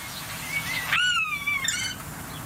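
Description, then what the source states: Common Starling giving a buzzard-like call: a drawn-out, slightly falling whistled note, preceded by a fainter whistle and followed by a brief high note. Starling imitating the characteristic call of a common buzzard, within a minute of mimicry containing at least eleven imitations; recorded in a village; grew up in a town or village, learning its sounds there.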